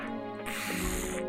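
A person imitates the harsh, raspy honking cough of an old small dog with a collapsing trachea, like an old smoker's cough, the cough he gives on waking when he has not had his medication.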